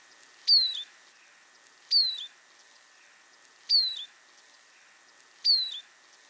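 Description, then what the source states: Eurasian Siskin flight calls: four clear, high, slightly descending 'düdü' notes, each about a third of a second, repeated roughly every one and a half to two seconds over quiet background. Frequently heard flight call, described as somewhat sad but beautiful 'düdü'.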